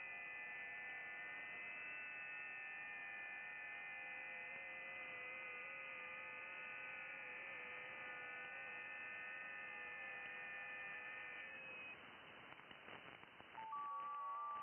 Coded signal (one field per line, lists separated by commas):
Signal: FT8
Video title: Can I Hear You? 28 MHz FT8 DX to Europe!